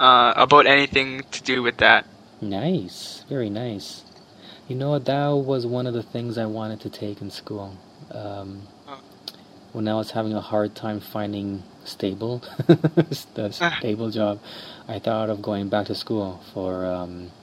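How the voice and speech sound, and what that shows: An adult man speaks conversationally with filled pauses. His speech is mostly fluent, but one clear stutter occurs after a pause: a stretched, repeated "s" sound at the start of "stable". This sound prolongation and repetition is typical of stuttering.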